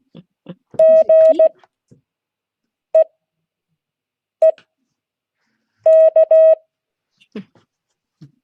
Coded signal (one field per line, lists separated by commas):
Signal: Morse code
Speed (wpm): 16 wpm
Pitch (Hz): 640 Hz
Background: none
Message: GEEK